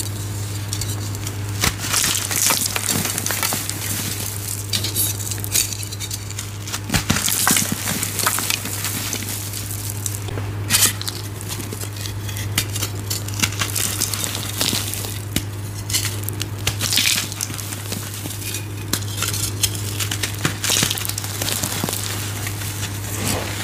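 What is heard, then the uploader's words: Gym chalk soaked with baby oil is crushed in dense, crackly, sizzling bursts over a steady low hum, with sharper crunches every few seconds. Baby Oil Gym Chalk Crushing Compilation.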